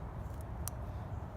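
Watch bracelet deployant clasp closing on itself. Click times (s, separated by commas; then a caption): 0.7 s. A steel bracelet's deployant clasp on an Omega Seamaster NZL-32 watch is closed on the wrist. It snaps shut with one sharp, bright click at 0.7 s over a steady low rumble, and the clasp is seated.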